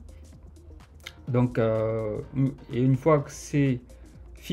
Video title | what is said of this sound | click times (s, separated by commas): Fixation autocollante mural pour fibre optique, je vous montre ça | ce qui est bien avec ce genre de fixation c'est que vous pouvez le déclipser | 1.1 s